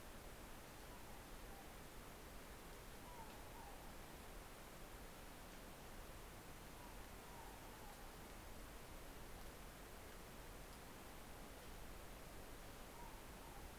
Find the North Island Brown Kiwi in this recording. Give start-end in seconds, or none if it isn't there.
none